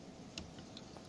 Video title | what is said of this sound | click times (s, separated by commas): Anycubic I3 mega fan upgrade and mods. | how small these connectors are click into place like so | 0.4 s